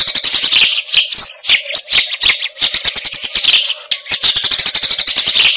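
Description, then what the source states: Eurasian tree sparrow calling with harsh, rapid chirps in uneven bursts, some short breaks, and a steady low hum in the background. Masteran recording, used as a training song for fighting sparrows (gereja tarung).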